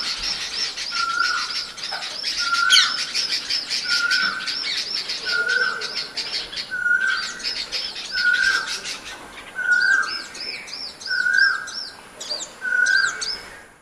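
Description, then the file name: Red-vented bulbul scolding, short clipped notes repeated about once a second over harsh buzzy chatter, joined late by a quick series of high arched chirps. Several birds giving scolding calls. "Red vented Bulbuls scalding calls"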